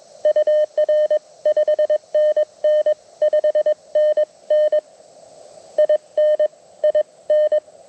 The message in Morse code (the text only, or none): UR 5NN 5NN IN IN